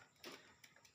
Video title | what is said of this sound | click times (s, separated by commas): paano nga mag install ng single switch at LED lights panel step by step. | pag may narinig kayong lagitik guys ibig | 0.2 s